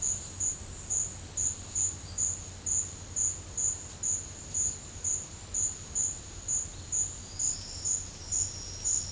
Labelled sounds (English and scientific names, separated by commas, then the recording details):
none
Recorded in pastures near Puerto Asís, Putumayo, Colombia, on 20 December 2024 at 12:30
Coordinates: 0.496, -76.326
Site G004